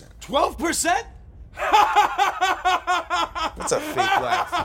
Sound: laughing

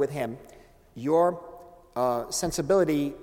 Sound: none

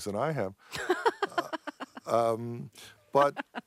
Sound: laughs

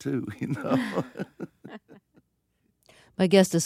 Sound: laughs

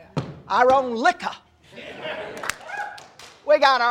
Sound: soundbite of applause

